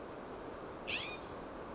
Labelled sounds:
California Scrub-Jay (Aphelocoma californica)
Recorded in Sonoma County, California

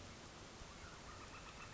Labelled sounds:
Northern Flicker (Colaptes auratus)
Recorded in Sonoma County, California

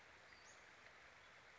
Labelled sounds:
Western Flycatcher (Empidonax difficilis)
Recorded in Sonoma County, California

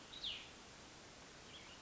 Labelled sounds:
Cassin's Vireo (Vireo cassinii)
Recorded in Sonoma County, California

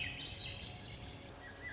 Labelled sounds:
Swainson's Thrush (Catharus ustulatus)
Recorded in Sonoma County, California

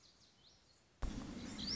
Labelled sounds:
Lazuli Bunting (Passerina amoena)
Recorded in Sonoma County, California

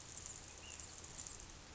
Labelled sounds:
Ash-throated Flycatcher (Myiarchus cinerascens)
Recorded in Sonoma County, California

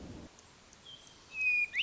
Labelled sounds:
Hermit Thrush (Catharus guttatus)
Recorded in Sonoma County, California

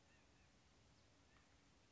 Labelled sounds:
White-breasted Nuthatch (Sitta carolinensis)
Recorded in Sonoma County, California

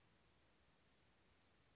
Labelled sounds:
Blue-gray Gnatcatcher (Polioptila caerulea)
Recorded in Sonoma County, California

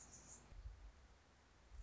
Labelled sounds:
Anna's Hummingbird (Calypte anna)
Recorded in Sonoma County, California

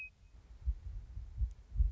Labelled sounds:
Western Meadowlark (Sturnella neglecta)
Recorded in Sonoma County, California

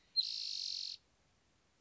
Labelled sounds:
Spotted Towhee (Pipilo maculatus)
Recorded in Sonoma County, California

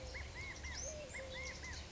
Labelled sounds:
Eurasian Collared Dove (Streptopelia decaocto)
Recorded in Sonoma County, California

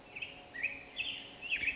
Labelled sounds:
California Towhee (Melozone crissalis)
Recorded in Sonoma County, California

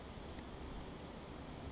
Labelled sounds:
Brown Creeper (Certhia americana)
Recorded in Sonoma County, California

